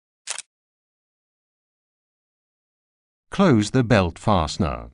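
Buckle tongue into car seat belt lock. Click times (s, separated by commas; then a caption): 0.4 s. A buckle tongue is pushed into the belt lock of the harness on a Recaro Young Sport car seat, and a sharp click at 0.4 s shows it has seated and is closed. After a second of silence, someone talks.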